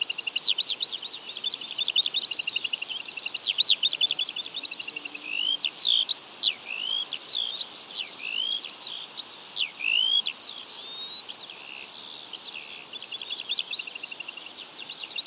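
Summer field recording at Badbury Rings, Dorset: a bird's rapid high trills give way to repeated swooping whistles, over a steady faint hiss.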